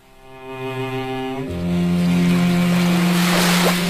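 Ocean waves wash and rush with a breezy hiss, swelling louder after the first second and a half, over a steady low droning hum.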